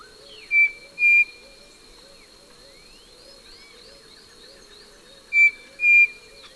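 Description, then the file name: Striped cuckoo call: paired clear whistles, short then longer, given twice about five seconds apart, over a steady insect whine. "Tapera naevia"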